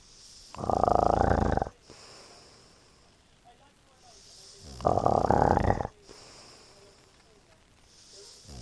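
An adult man snoring in his sleep: two loud, rattling snores about four seconds apart, each lasting about a second, with quiet breathing between them.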